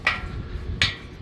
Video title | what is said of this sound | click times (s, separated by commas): Custom truck racks | and then it kind of like locks into place there. | 0.8 s